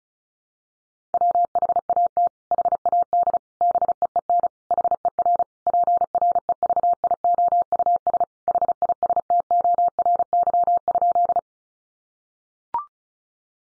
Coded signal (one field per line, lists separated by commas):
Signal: Morse code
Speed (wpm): 34 wpm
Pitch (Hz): 700 Hz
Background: none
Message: WHAT HAD BEEN HER PREVIOUS HISTORY?